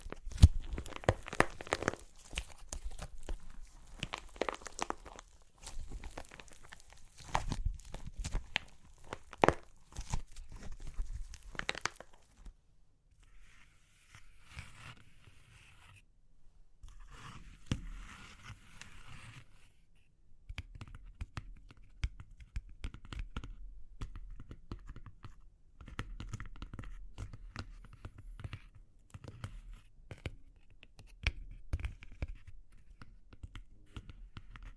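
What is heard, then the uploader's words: Clay cracks and crunches in dense bursts of sharp snaps for the first twelve seconds, then thins to scattered crackles and soft crinkling around fifteen to twenty seconds. From about twenty seconds on, quieter, steady crunching and scraping continue with occasional louder snaps. Super Crunchy Clay Cracking (No Talking).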